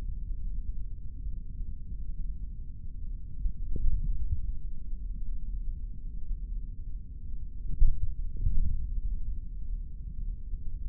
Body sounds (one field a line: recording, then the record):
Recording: forearm muscle sounds (acoustic myography)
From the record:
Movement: index flexion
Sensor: system 3, bracelet of six PUI Audio POM-2738L microphones around the upper forearm, with dedicated amplification and filtering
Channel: 2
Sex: male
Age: 26 years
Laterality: right